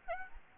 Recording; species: mosquito wingbeat signal from an infrared sensor; Aedes aegypti